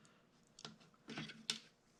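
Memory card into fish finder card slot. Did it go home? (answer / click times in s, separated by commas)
yes / 1.5 s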